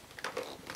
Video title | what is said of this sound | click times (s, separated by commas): Hoover U1050 Turbopower Upright Vacuum Cleaner Unboxing & First Look | you're not clicking oh | none